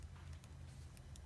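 A flat ribbon cable from a mini arcade monitor is slid pin-side up toward its plastic connector socket on the board. A steady low hum runs throughout, with a few brief, faint ticks near 0.4, 1.0 and 1.2 seconds. The cable is still being handled, and nothing has seated or clicked into place yet.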